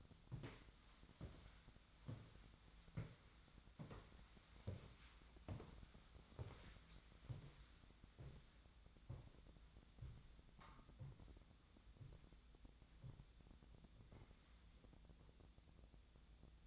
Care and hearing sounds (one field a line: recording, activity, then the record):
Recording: daily activity, microphone in the room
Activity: walk to room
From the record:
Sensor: 3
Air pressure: 1010.0 hPa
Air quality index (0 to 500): 183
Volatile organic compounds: 13 ppm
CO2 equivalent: 2390 ppm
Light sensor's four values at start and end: 45/109/48/52 and 43/107/46/50